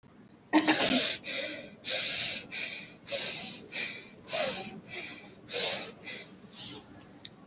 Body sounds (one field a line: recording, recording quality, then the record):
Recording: deep breathing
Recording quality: excellent, no background noise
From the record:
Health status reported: healthy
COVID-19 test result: negative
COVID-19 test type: RT-PCR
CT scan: not taken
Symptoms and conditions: none ticked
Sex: female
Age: 19 years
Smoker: no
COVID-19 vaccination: both doses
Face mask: worn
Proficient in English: yes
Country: India